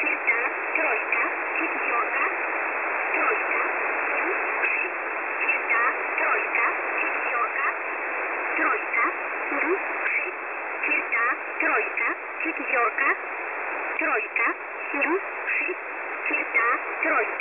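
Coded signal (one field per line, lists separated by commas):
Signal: numbers station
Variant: S11a, Polish voice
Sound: faint spoken numbers in a voice, buried under heavy hiss on a narrow radio band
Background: radio static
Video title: S11a Message 19/02/2023 0830z 5371kHz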